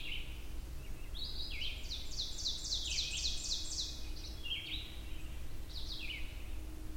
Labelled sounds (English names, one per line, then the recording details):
Ovenbird song
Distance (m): 45 m
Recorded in boreal forest in Alberta, Canada, on 22 June 2016 at 05:51
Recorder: SongMeter 3, array SBT-6-76
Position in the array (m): 151 m, 109 m
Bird 3